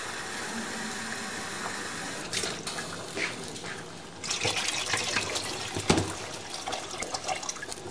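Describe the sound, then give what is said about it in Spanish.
One litre of water pours steadily into a cooking pot to cover browned meat pieces, a rushing, splashing stream that swells in loudness partway through and stays busy with gurgles and clinks until the end, with no one speaking. “Ya ahora toda la mezcla dorada, que el carne todo está bien, ahora me voy a echar el agua. Es 1 litro. Tenemos que tapar todos los trozos de agua.”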